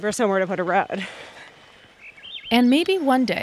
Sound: birdsong continues